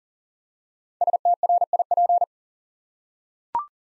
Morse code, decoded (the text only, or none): STRIP